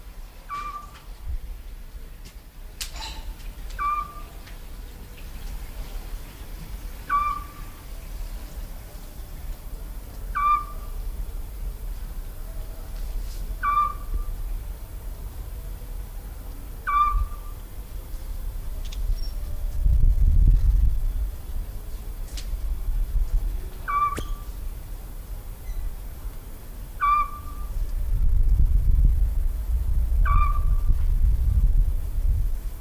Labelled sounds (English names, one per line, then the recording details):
Eurasian Scops Owl
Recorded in the wild
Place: Chersonissos, Insel Kreta, GR
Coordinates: 35.3083, 25.3833
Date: 1996-09-24 22:37
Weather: sunny, 25-28°C
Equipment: Sony MD-WM MZ-R3, Sennheiser MKH 416 T, Kopie Uher 4000 Report Monitor
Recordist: Tembrock, Günter
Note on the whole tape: Rufreihen, bei Piskopiano